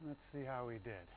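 A door latch and the strike plate on the frame of a newly built wooden entry door are being handled before the door is swung shut to test it. Only a man talking is heard. Nothing has seated or clicked yet.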